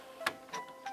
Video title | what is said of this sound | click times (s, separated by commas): First Cut on the Silhouette Cameo 4 | hear a little locking click | 0.3 s